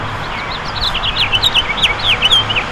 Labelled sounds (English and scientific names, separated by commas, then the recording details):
House Finch (Haemorhous mexicanus) song
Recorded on Long Island, New York, on 22 June 2012
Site AU
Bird A